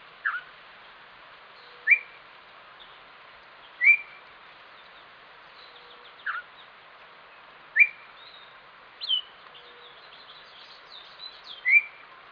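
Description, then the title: Bird calls: short sharp upslurred and downslurred chirps every two seconds or so, with fainter high chips over a steady background hiss. "LuckyPassaro Completos2Sama"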